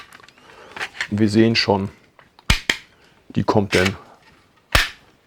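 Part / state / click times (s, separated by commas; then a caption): plastic door in a toy playset hallway wall / seated / 4.8 s. Someone talks while the plastic sliding door in the hallway wall of a 2025 Hasbro Star Wars TVC Moff Gideon's Imperial Light Cruiser Hallway playset is moved, with sharp plastic clicks and knocks along the way. The door pops out a little but snaps into its locked position with a crisp click at 4.8 s.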